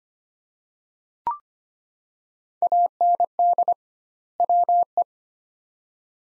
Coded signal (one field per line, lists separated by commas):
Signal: Morse code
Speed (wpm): 25 wpm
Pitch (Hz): 700 Hz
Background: none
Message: AND WE